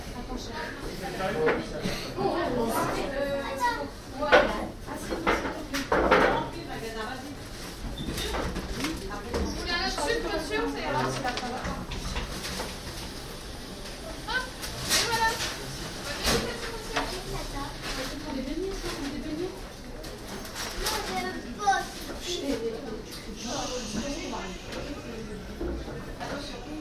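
Chatter fills a bakery as several voices talk over one another without pause, with a child's voice possibly among them. Sharp clinks and knocks cut through every few seconds, and a brief steady hiss rises near the end.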